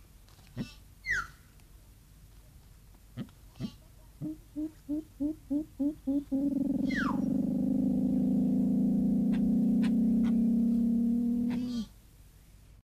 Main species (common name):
Pale-winged Trumpeter